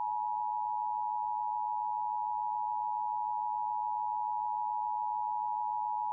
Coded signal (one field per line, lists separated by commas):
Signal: Emergency Alert System (SAME) tones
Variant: 853 and 960 Hz attention tone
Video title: KVUE-DT - National EAS Test 11/9/2011 (720p)